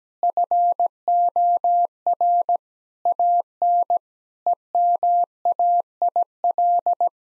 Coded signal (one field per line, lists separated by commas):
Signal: Morse code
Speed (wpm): 17 wpm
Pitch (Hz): 700 Hz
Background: none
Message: FOR AN EMAIL